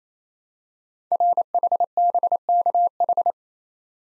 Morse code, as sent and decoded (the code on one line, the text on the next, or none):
.-. .... -... -.- ....
RHBKH